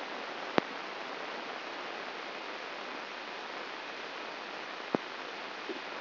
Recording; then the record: brain microelectrode recording played as sound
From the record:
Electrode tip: outside the subthalamic nucleus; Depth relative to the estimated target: 4 mm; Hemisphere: left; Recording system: AlphaMap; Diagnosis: Parkinson's disease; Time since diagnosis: 19 years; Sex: male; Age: 59 years